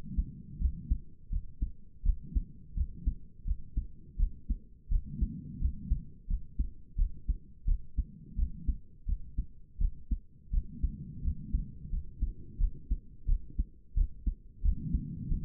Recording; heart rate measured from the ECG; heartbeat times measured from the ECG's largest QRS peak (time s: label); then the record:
heart sounds by stethoscope; 86 bpm
0.59 s: heartbeat
1.30 s: heartbeat
2.04 s: heartbeat
2.75 s: heartbeat
3.45 s: heartbeat
4.18 s: heartbeat
4.89 s: heartbeat
5.60 s: heartbeat
6.28 s: heartbeat
6.96 s: heartbeat
7.66 s: heartbeat
8.36 s: heartbeat
9.07 s: heartbeat
9.79 s: heartbeat
10.51 s: heartbeat
11.22 s: heartbeat
11.90 s: heartbeat
12.58 s: heartbeat
13.27 s: heartbeat
13.95 s: heartbeat
14.63 s: heartbeat
15.29 s: heartbeat
From the record:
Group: healthy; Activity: rest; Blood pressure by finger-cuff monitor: 85/51 mmHg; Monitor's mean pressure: 63 mmHg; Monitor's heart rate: 85 bpm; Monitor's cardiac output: 7.3 L/min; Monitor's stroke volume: 87 mL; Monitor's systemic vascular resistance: 610 dyn s/cm5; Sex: female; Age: 22 years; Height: 163 cm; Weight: 67.1 kg